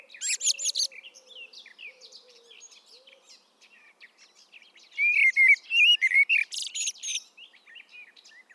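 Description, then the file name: Common blackbird singing a mellow warbled phrase with a thin squeaky finish, while a low soft hooting repeats in the first few seconds and other birds twitter faintly. "Turdus merula"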